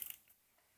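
A plastic LEGO piece is pressed onto a brick-built rubber-band rifle. Two short, sharp plastic clicks sound at 0.0 and 0.1 seconds, followed by faint quieter ticks. The piece snaps into place and is seated.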